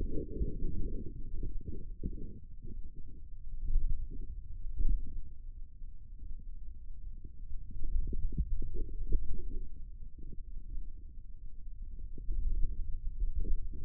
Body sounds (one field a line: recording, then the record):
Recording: forearm muscle sounds (acoustic myography)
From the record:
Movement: pen grasping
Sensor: system 2, bracelet of six BSWA MPA416 microphones around the upper forearm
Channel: 3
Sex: male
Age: 22 years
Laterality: right